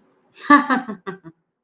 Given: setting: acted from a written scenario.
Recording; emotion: vocal sound without words; amusement